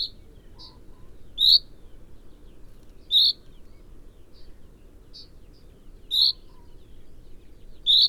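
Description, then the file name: Common chaffinch calls: brief, bright single notes repeated every one to three seconds, four loud and a few quieter, with a soft low rumble underneath. "Fringilla coelebs"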